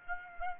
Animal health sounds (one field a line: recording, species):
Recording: mosquito wingbeat signal from an infrared sensor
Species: Aedes aegypti